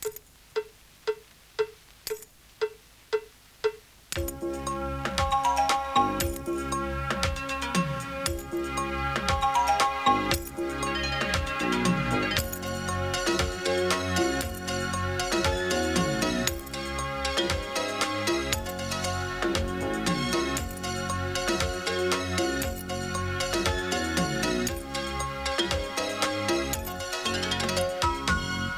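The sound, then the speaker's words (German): A keyring, held by its ring or fob, is tapped with a pencil in a steady pulse of bright metallic clinks on beat one of each bar, about eight alone at first, then continuing under a loud, busy music backing. “Man hält das Schlüsselbund einfach am Ring fest oder am Anhänger und schlägt mit einem Bleistift dagegen.”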